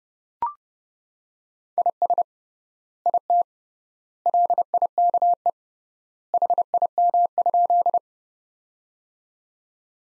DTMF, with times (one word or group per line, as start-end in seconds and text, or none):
none